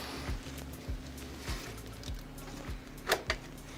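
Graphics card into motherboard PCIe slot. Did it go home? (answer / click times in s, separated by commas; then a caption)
no / none. A large graphics card is lined up and handled over a motherboard's PCIe x16 slot, but it has not yet been pressed down, so nothing has seated or clicked yet and the slot's retention clip has not locked. A steady low hum runs throughout, with soft low thumps recurring about every 0.6 seconds. Two sharp light handling ticks come at about 3.1 and 3.3 seconds.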